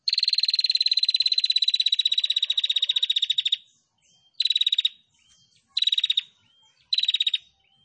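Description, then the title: Prinia song opening with a long rapid buzzy rattle, followed by three short pulsed bursts, with faint upslurred whistles between. Female prinia; masteran recording used for training songbirds. "Masteran Burung Prenjak Betina Gacor"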